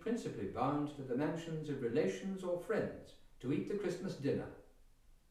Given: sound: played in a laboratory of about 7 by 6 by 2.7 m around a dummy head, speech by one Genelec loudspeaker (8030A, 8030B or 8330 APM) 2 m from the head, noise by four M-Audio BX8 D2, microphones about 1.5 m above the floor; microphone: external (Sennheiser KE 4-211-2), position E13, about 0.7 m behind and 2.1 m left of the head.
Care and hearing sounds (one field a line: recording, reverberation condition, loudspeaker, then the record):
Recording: male speech in English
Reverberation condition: medium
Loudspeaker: 90 degrees to the right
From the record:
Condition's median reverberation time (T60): about 510 ms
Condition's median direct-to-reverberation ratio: about -0.5 dB